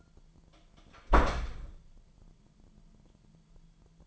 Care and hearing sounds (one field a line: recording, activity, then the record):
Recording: daily activity, microphone in the room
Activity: close door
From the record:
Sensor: 5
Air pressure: 998.6 hPa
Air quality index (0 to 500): 82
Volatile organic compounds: 1 ppm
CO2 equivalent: 931 ppm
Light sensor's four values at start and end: 33/80/33/37 and 33/80/33/36